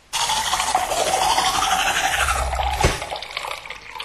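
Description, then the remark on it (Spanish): Steady, wet scrubbing of a toothbrush on teeth, a continuous raspy bristle sound with a brief sharp knock near the end, heard alone without speech. “¿Tus encías sangran cuando te cepillas los dientes?”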